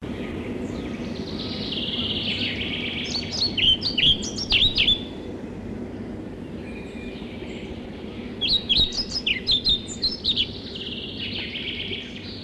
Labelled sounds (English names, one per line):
European Pied Flycatcher song